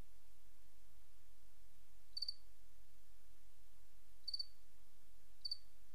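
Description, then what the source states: Cricket chirping: three sharp, high, pulsed chirps, the last two closer together, over a soft low-pitched background rumble. Recorded 28 August 2007; presented as white noise.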